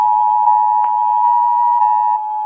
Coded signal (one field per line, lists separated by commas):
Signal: Emergency Alert System (SAME) tones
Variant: 853 and 960 Hz attention tone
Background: music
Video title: Series 1 Of EAS Alarms Animated (FULL COLLECTION)